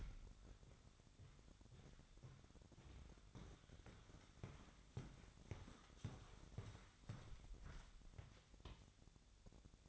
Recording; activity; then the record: daily activity, microphone in the room; walk to room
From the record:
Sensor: 3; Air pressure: 999.4 hPa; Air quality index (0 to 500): 195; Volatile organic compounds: 43 ppm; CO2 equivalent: 3190 ppm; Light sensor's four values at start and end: 8/20/8/8 and 8/20/8/8